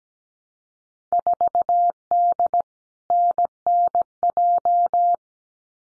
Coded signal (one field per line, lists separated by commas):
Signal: Morse code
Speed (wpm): 17 wpm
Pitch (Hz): 700 Hz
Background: none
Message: 4D NNJ